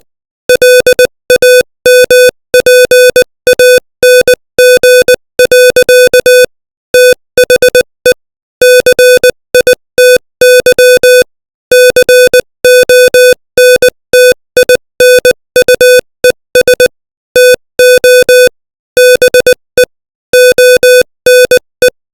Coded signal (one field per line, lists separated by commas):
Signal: Morse code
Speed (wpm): 20 wpm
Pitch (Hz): 500 Hz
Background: music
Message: LAMPANG. THE CITY CONTINUES TO BE ONE